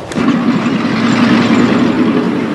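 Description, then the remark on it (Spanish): A diplomatic car's engine runs with a steady low rumble and a broad mechanical hum as the car leaves the capital, holding an even loudness for a couple of seconds with no voices. “Al día siguiente, disfrazado como un oficial serbio, logra salir de la capital en un auto diplomático.”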